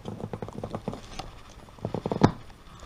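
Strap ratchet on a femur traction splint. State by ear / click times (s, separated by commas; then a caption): seated / 2.2 s. The strap on a femur traction splint is threaded through and pulled tight, making a run of rapid, rhythmic ratcheting clicks. A sharper, louder click at 2.2 s marks the ratchet teeth biting in, and the strap is seated.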